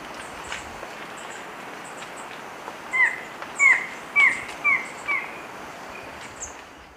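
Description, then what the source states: Uniform antshrike song, a short run of five nasal, down-slurred notes about half a second apart, over faint high chirps from other birds. Recorded in Ecuador.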